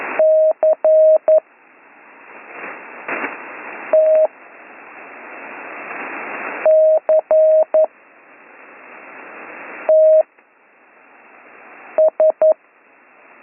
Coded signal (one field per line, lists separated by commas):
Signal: Morse code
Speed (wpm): 11 wpm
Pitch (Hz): 630 Hz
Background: none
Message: C T CTS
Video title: Slow Morse Code Course - Week 8 - Learn Morse Code